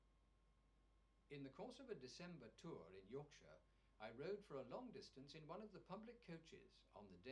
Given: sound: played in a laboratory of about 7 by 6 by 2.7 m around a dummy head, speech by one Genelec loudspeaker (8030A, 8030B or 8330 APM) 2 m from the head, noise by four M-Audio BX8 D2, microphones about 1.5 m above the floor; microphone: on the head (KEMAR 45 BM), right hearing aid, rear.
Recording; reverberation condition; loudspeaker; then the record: male speech in English; low; 120 degrees to the right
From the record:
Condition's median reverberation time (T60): about 310 ms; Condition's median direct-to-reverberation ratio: about 3.5 dB